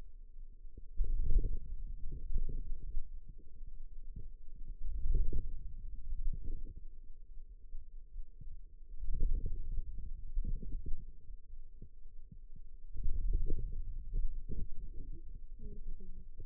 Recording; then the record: forearm muscle sounds (acoustic myography)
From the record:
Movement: ulnar deviation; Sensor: system 2, bracelet of six BSWA MPA416 microphones around the upper forearm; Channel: 4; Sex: female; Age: 21 years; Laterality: right